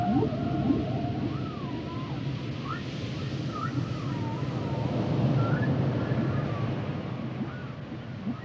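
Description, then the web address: Whale song of wavering, looping whistled tones that rise and fall, over continuous deep background noise. "Natures Songs Whale Songs Whales and Dolphins - whale nature sounds songs"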